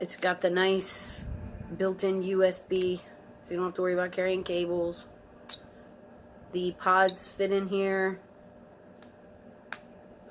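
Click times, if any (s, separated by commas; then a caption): 9.7 s. Someone talks about a Boulder Rock pod device while a plastic vape refill pod is pushed into the body of the small pod device. The pod snaps home with a sharp click at 9.7 s and is seated, clicking this time where it did not before.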